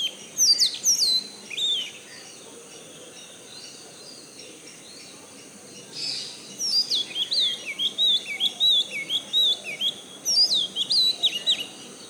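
Magpie-robin singing rich, varied whistles, some sliding down and others rising, in several bursts with a long pause early on, against a constant thin high hiss.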